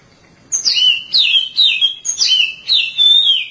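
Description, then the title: Oriental magpie-robin song: a rapid run of loud, clear whistles, each sliding down from high to lower pitch. Long-duration song. "Kacer Durasi Panjang"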